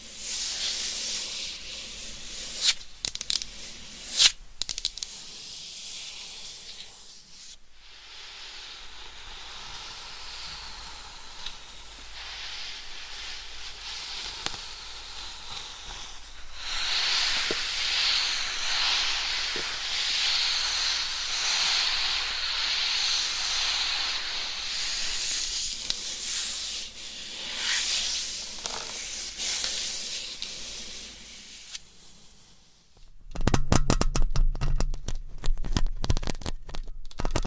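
Scratching and tapping with nails on different items, a soft, bright rasping that runs steadily through most of the clip with brief pauses near 8 and 16 seconds. Sharp taps land in the first few seconds, and a louder burst of crackly knocks starts around 33 seconds.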